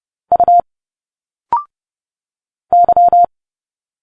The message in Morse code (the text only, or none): U Y